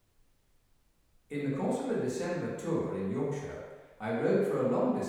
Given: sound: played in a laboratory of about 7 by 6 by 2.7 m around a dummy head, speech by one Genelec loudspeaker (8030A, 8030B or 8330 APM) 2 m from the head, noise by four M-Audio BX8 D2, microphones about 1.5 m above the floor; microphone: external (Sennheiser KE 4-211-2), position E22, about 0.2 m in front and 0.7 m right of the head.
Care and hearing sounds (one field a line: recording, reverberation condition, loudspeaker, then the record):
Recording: male speech in English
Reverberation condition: high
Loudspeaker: 90 degrees to the left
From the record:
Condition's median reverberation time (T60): about 1300 ms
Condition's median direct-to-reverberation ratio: about -4.0 dB